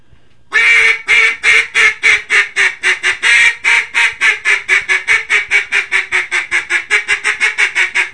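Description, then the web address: Mallard giving a long series of raspy quacks, starting loud and drawn out, then growing quicker, shorter and slightly softer. "Duck -Mallard"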